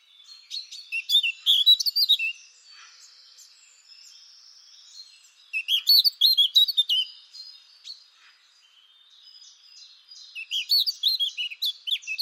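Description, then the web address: Eurasian blackcap delivering three quick, high, jumbled warbling phrases with quiet pauses between, the last running to the end. "cianscape birddata Deverinetal 2025"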